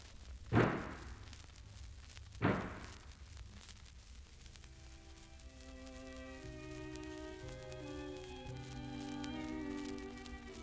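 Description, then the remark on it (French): Two heavy knocks on a wooden door, about two seconds apart, each a sharp thud with a short ring, followed by soft, sustained musical tones swelling gently underneath. “Frappe à la porte.”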